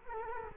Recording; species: mosquito wingbeat signal from an infrared sensor; Culex quinquefasciatus